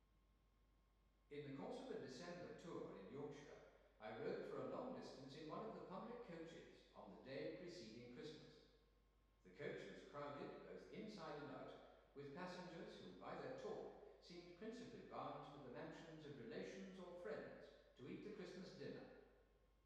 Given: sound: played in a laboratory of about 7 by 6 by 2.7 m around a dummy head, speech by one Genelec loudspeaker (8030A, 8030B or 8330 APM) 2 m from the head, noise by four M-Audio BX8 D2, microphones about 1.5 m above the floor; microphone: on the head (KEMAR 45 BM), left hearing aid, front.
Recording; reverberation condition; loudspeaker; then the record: male speech in English; high; 90 degrees to the right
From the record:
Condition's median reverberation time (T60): about 1300 ms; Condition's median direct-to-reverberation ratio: about -4.0 dB